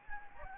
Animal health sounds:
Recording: mosquito wingbeat signal from an infrared sensor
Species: Anopheles gambiae

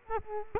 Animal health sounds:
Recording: mosquito wingbeat signal from an infrared sensor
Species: Culex quinquefasciatus

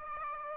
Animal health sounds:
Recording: mosquito wingbeat signal from an infrared sensor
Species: Aedes aegypti

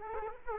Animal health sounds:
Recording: mosquito wingbeat signal from an infrared sensor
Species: Aedes aegypti

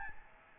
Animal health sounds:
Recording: mosquito wingbeat signal from an infrared sensor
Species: Aedes albopictus

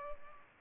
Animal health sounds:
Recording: mosquito wingbeat signal from an infrared sensor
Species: Culex pipiens

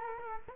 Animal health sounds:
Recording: mosquito wingbeat signal from an infrared sensor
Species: Culex quinquefasciatus

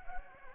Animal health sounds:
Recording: mosquito wingbeat signal from an infrared sensor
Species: Anopheles gambiae

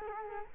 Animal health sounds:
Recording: mosquito wingbeat signal from an infrared sensor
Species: Culex quinquefasciatus

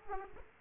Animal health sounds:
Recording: mosquito wingbeat signal from an infrared sensor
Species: Aedes aegypti

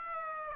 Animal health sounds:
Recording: mosquito wingbeat signal from an infrared sensor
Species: Aedes aegypti

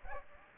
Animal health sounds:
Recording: mosquito wingbeat signal from an infrared sensor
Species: Aedes aegypti

